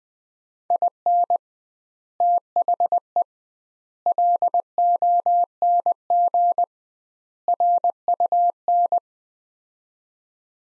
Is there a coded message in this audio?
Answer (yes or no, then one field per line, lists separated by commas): yes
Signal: Morse code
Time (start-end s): 0.7-9.0 s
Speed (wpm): 20 wpm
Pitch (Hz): 700 Hz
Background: none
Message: IN THE LONG RUN